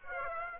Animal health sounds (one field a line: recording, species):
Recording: mosquito wingbeat signal from an infrared sensor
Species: Aedes aegypti